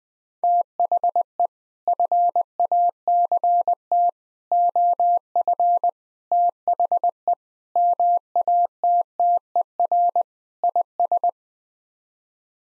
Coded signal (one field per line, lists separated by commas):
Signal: Morse code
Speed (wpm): 20 wpm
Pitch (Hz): 700 Hz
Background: none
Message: THE FACT OF THE MATTER IS